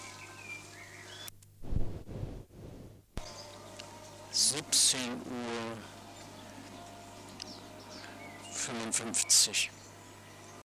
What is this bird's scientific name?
Gallicolumba tristigmata